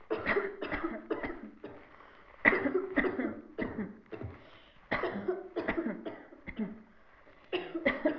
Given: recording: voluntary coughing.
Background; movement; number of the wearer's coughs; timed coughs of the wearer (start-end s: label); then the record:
a bystander coughing; sitting; 10
0.25-0.55 s: cough
0.71-1.00 s: cough
1.08-1.47 s: cough
2.42-2.72 s: cough
2.95-3.17 s: cough
3.59-3.89 s: cough
4.89-5.26 s: cough
5.56-5.80 s: cough
6.27-6.76 s: cough
7.60-8.14 s: cough
From the record:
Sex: female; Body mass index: 25.5 kg/m2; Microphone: on the chest, facing the body